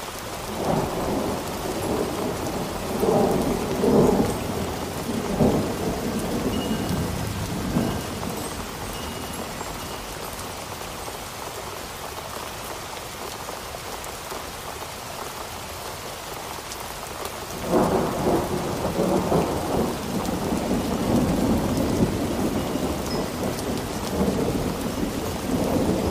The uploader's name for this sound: A Relaxing Storm